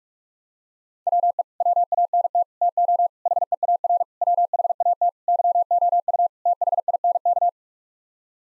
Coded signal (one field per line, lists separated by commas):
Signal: Morse code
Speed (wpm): 46 wpm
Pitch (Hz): 700 Hz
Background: none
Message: WE WANT TO HEAR WHAT YOU THINK